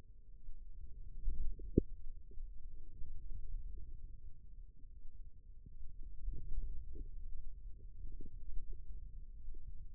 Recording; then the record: forearm muscle sounds (acoustic myography)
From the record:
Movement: radial deviation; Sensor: system 2, bracelet of six BSWA MPA416 microphones around the upper forearm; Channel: 3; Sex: female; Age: 25 years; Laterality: right